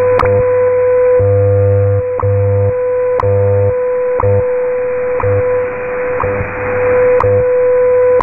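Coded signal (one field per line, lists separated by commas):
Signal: radio time signal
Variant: WWV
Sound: sharp tick every second over a steady mid tone, with a low pulsing hum underneath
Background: radio static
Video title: 14 - WWV Atomic Clock [5000 kHz AM] [03-03-20]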